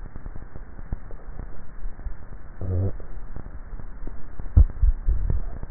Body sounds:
swallowing sounds by neck microphone; 1
4.55-5.58 s: swallow
From the record:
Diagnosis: dysphagia

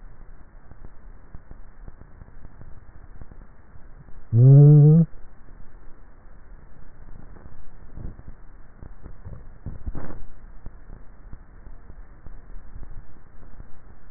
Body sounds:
swallowing sounds by neck microphone; 2
9.05-9.82 s: swallow
12.45-13.15 s: swallow
From the record:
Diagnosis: dysphagia

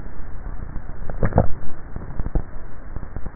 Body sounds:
swallowing sounds by neck microphone; 1
1.17-2.33 s: swallow
From the record:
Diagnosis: dysphagia

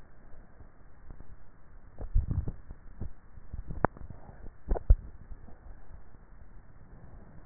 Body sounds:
swallowing sounds by neck microphone; 3
2.08-2.75 s: swallow
3.35-4.30 s: swallow
4.85-5.78 s: swallow
From the record:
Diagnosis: dysphagia

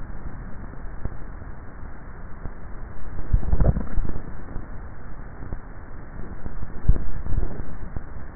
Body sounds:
swallowing sounds by neck microphone; 2
3.33-4.23 s: swallow
6.83-7.57 s: swallow
From the record:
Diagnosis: dysphagia

